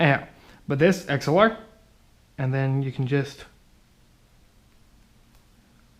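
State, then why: Not seated. An XLR cable plug is handled near the mating XLR connector of a headphone cable adapter while someone talks during the first three and a half seconds. The rest is quiet, and nothing has seated or clicked yet.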